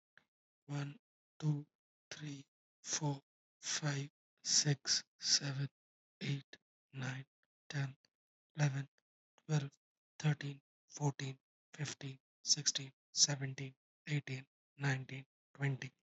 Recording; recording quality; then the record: counting at a normal pace; excellent, no background noise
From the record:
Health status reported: healthy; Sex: male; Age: 25 years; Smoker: yes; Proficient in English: yes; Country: India